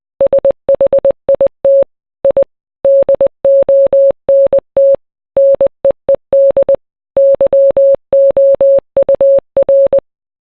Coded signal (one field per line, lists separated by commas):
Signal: Morse code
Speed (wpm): 20 wpm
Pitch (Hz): 550 Hz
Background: none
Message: SHIT I DONT NEED YOUR